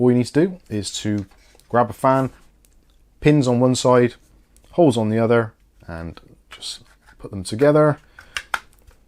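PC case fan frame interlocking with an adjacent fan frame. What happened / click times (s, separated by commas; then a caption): Two plastic frames snap together / 8.4 s, 8.5 s. Someone talks while two plastic TZMRIT modular PC case fans from a 3-pack kit (a clone of the Lian Li SL120 Infinity Mirror) are pushed together side to side, pins on one frame into holes on the other. Sharp clicks at 8.4 s and 8.5 s mark the frames locking into place, though less firmly than comparable Sahara gaming fans.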